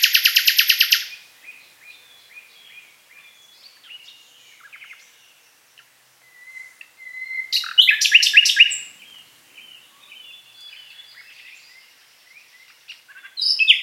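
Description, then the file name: Common nightingale song opening with a fast rattling burst, then soft thin whistles and a loud churring trill, ending as another phrase begins. "Luscinia megarhynchos"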